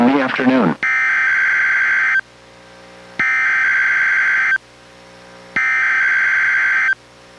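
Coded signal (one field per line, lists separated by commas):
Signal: Emergency Alert System (SAME) tones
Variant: header bursts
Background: speech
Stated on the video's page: NOAA Weather Radio required weekly test, issued by NWS and relayed by a weather radio station in Astoria, received on a Reecom R-1630 weather radio.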